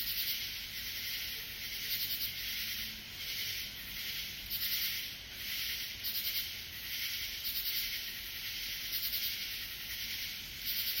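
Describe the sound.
Katydid giving rhythmic shrill rasping pulses, each swelling then fading, over continuous high-pitched noise.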